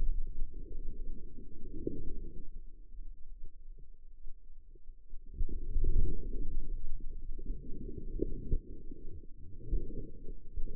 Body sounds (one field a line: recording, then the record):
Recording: forearm muscle sounds (acoustic myography)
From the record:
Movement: outward rotation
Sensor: system 2, bracelet of six BSWA MPA416 microphones around the upper forearm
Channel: 6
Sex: female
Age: 25 years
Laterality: right